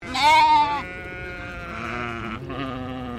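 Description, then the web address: English Leicester sheep baa: one loud, harsh bleat, then quieter, wavering bleating that goes on to the end. English Leicester breed of sheep. "Sound Effects-Foundation 1 ANIMAL SHEEP ENGLISH LEICESTER BAA"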